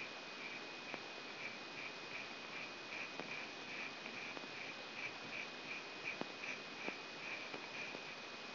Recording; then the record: brain microelectrode recording played as sound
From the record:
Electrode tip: outside the subthalamic nucleus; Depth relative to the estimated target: -8 mm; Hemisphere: left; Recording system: AlphaMap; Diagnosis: Parkinson's disease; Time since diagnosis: 9 years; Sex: male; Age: 53 years